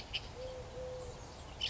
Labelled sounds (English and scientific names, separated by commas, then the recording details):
Eurasian Collared Dove (Streptopelia decaocto)
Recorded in Sonoma County, California